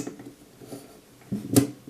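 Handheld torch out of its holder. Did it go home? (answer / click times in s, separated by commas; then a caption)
released / 1.6 s. A handheld torch (flashlight) is pressed in and pulled out of its holder to unlock it. After quiet, low shuffling handling noise, a single sharp click sounds at 1.6 s as the torch releases from the holder.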